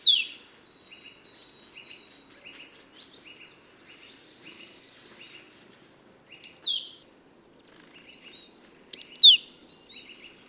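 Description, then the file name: Marsh tit calls, sharp notes sweeping steeply downward, one at the start and then double notes near six and nine seconds, with soft repeated chirps between. "Poecile palustris"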